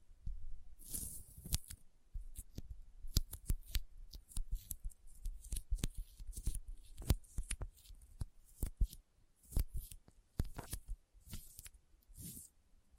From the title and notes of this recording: ASMR Intense Sticky Finger Sounds (No Talking).